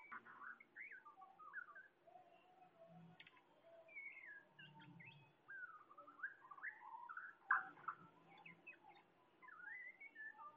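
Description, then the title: Bird song, a continuous mix of short whistles, chirps and slurred notes at varying pitch over light background hiss. "SuaraBurung Kicau"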